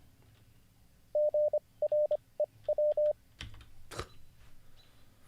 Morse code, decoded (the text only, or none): GREW